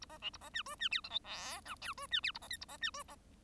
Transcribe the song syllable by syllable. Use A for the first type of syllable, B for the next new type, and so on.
A B C A B D E D F G H I J K E D F A B L A B D E B